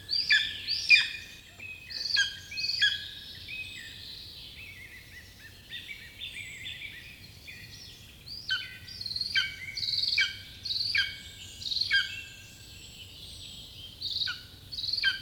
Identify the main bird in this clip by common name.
Lesser Spotted Eagle